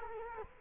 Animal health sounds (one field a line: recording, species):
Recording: mosquito wingbeat signal from an infrared sensor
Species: Culex quinquefasciatus